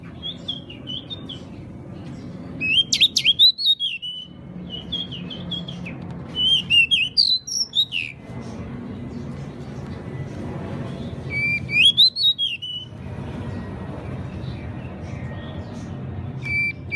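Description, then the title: Pied bushchat song in a few short bursts, each mixing sweet twisting whistles with a scratchy buzzy rattle, over a steady low background hiss. "MASTERAN BURUNG DECU"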